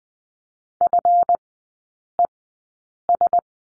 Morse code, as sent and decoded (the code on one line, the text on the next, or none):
..-. . ...
FES